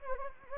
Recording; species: mosquito wingbeat signal from an infrared sensor; Anopheles gambiae